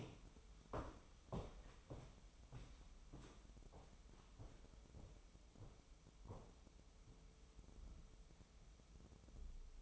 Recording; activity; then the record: daily activity, microphone in the room; walk to room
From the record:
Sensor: 1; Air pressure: 988.2 hPa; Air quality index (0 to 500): 193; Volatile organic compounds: 851 ppm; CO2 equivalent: 5171 ppm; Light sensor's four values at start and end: 26/96/36/38 and 27/98/37/39